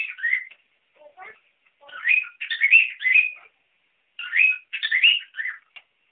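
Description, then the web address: Cockatiel chirping in bright, warbling phrases with rising and falling whistled notes, grouped into busy bursts separated by brief pauses. Singing trills. "corella cantando trinos"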